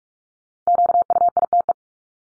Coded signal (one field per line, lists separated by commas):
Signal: Morse code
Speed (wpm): 44 wpm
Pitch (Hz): 700 Hz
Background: none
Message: QUITE